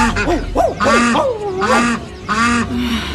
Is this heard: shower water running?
no